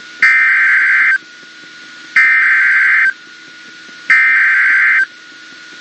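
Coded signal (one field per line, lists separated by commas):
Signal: Emergency Alert System (SAME) tones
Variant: header bursts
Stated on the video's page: Raw late-night NOAA Weather Radio recordings.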